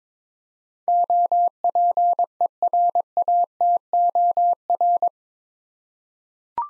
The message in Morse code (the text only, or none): OPERATOR